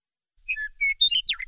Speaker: You'll probably hear one before you see it, though seeing the Western Meadowlark isn't necessarily hard to do.